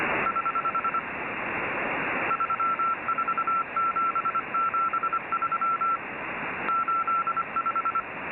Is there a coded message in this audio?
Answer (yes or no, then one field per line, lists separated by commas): yes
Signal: Morse code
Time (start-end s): 0.3-8.0 s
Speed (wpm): 25 wpm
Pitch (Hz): 1340 Hz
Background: none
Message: <HH> 34773 85